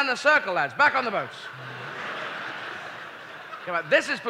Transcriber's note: soundbite of laughter